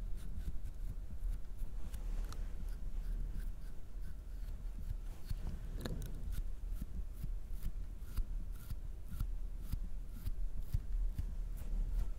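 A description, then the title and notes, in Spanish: Mouth sounds with some hand noises and honey: steady sticky clicks and rustling, with sharp bright ticks recurring every half second or so. Sonidos de boca y algunos de manos y miel.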